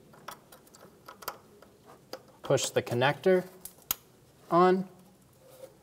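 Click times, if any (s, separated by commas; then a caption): 3.9 s. On a 2013–2017 Honda Accord, an ABS wheel speed sensor harness connector is pushed onto its mating plastic vehicle harness connector while someone talks, with faint taps and handling noises before it. A sharp, loud click at 3.9 s marks the connector seating.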